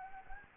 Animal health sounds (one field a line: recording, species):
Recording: mosquito wingbeat signal from an infrared sensor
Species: Anopheles arabiensis